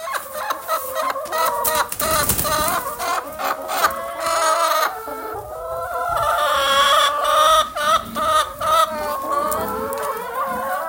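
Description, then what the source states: Chicken: flock of hens clucking and cackling, bursts of scratching noise and sharp clicks among the calls. Hens in their usual enclosure.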